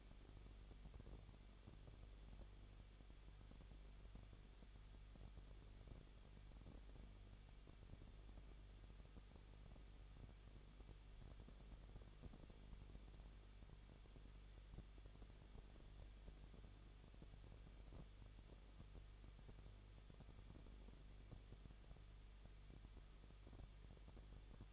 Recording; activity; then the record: daily activity, microphone in the room; no activity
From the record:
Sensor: 4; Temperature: 23.0 degrees Celsius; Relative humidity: 34.4%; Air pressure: 1007.3 hPa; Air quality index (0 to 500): 217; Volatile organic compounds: 15 ppm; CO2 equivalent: 2515 ppm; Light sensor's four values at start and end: 2/3/1/1 and 2/3/1/1